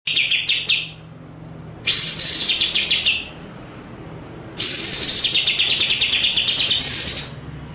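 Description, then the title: White-rumped shama song: three loud phrases of harsh rasping notes sliding into fast pulsed rattles, with a low hum in the background. Masteran (training) track of full ngerol and nembak song. "Masteran Murai Batu Full Ngerol Nembak"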